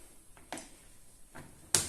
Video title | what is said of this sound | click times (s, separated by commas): Test du Yeedi Mop Station, aspirateur robot avec station de lavage | voilà tout simplement ça se clipse comme ça et l'aspirateur est prêt à | 0.5 s, 1.8 s